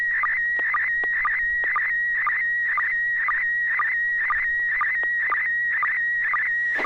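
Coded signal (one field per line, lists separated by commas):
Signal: SSTV (slow-scan television)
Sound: warbling whistle around 1.9 kHz with short low chirps about twice a second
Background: low hum, occasional clicks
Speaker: send your picture. A good tone.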